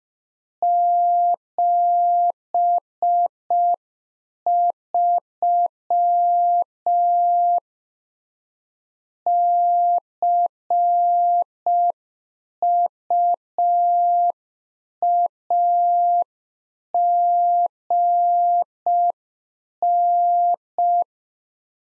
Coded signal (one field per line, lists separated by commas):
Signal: Morse code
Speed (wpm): 5 wpm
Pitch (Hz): 700 Hz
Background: none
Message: 73 CUAGN